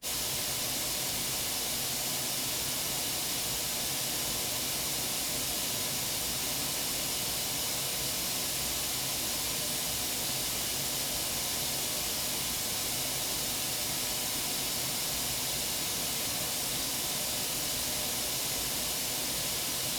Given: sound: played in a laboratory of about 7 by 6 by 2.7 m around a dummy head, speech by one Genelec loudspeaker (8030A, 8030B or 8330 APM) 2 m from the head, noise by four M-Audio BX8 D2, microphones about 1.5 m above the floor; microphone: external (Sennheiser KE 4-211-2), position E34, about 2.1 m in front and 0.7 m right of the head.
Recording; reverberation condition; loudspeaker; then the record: white noise; low; four, about 170 cm from the corners of the room and facing them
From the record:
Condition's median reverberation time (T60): about 310 ms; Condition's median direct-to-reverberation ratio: about 3.5 dB